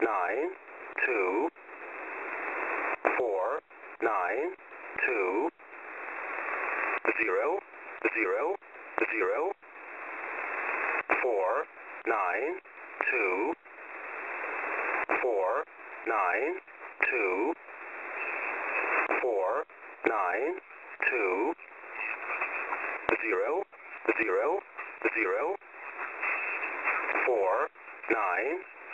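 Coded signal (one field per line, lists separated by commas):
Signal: numbers station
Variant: E07 English Man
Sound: male voice speaking short, evenly spaced words over hissy, band-limited shortwave noise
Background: radio static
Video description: E07 is the English language mode of the Russian 7 operator.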